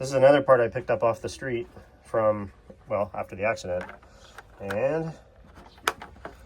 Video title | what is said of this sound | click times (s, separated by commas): Honda ADV Nose Disassembly & Accident Repair. House Build Update! OFF GRID ISLAND PHILIPPINES LIVING | yeah, it seems to snap on. It didn't snap onto the other one, it fell right off, but this one, it snaps on the new one, so that's good. | 5.9 s